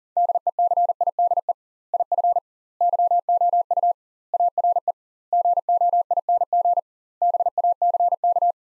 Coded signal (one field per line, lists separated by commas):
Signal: Morse code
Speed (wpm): 40 wpm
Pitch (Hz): 700 Hz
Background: none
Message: DECIDE IF YOU ARE GOING BACK